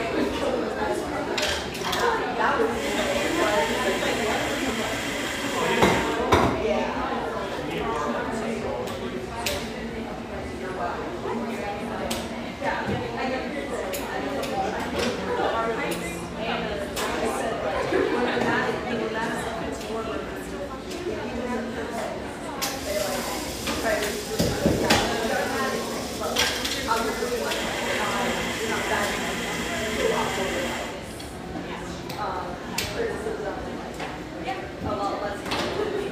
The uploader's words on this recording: Riverside on Portland's east Willamette banks, this industrial neighborhood sports some quality coffeehouses, including this mellow, exposed-brick gem frequented by railyard staff.